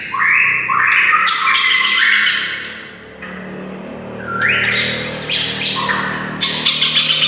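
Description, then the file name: White-rumped shama song: loud harsh, rasping phrases with short rising whistles, delivered in bursts separated by brief gaps. Wild bird. "suara murai hutan asli"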